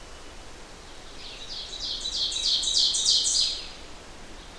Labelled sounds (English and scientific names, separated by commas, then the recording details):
Ovenbird (Seiurus aurocapilla) song
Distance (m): 15 m
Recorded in boreal forest in Alberta, Canada, on 12 June 2016 at 07:31
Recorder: SongMeter 3, array SBT-3-18
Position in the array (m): 122 m, 108 m
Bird 29